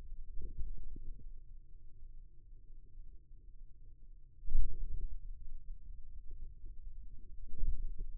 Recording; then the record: forearm muscle sounds (acoustic myography)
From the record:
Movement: hand closing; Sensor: system 2, bracelet of six BSWA MPA416 microphones around the upper forearm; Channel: 2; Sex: male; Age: 22 years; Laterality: right